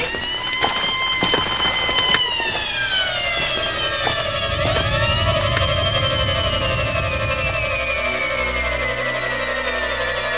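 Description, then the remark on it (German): A fire engine siren wails loudly, its pitch sweeping up and down in a steady repeating cycle, joined by a rumbling engine and clattering noise as the fire truck races onto the grounds of a burning shed. “Die Feuerwehr kommt endlich!”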